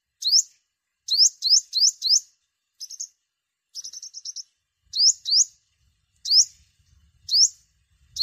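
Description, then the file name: Sunbird calls: sharp, high, rising chirps given singly and in quick bursts, with a few short trilled notes in between, against a quiet background. "tieng-hut-mat-5-mau-liu"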